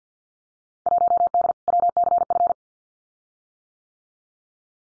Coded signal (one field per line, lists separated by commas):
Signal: Morse code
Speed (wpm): 50 wpm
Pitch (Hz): 700 Hz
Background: none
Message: 1D WCF